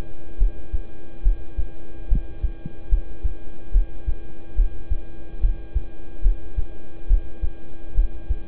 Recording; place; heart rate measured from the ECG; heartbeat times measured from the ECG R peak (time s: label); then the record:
heart sounds by stethoscope; between the tricuspid and mitral areas; 71 bpm
0.38 s: heartbeat
1.23 s: heartbeat
2.08 s: heartbeat
2.89 s: heartbeat
3.72 s: heartbeat
4.55 s: heartbeat
5.40 s: heartbeat
6.22 s: heartbeat
7.07 s: heartbeat
7.95 s: heartbeat
From the record:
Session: rest, lying down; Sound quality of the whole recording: good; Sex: male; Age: 26 years